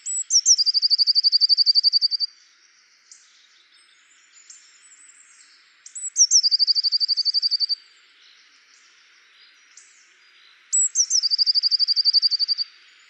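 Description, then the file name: Eurasian blue tit singing three high strophes, each a thin introductory note then a fast trill, with faint twittering between. "Cyanistes caeruleus"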